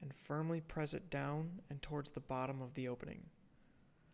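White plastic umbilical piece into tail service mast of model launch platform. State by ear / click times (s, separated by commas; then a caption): not seated / none. A white 3D-printed plastic umbilical piece is pressed down with the thumb into the opening near the bottom of the tail service mast on a tilted model launch platform while someone talks. The part has not snapped into place yet, and nothing has seated or clicked in this clip.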